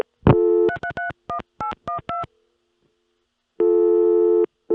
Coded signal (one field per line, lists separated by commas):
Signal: DTMF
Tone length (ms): 110 ms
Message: 3331812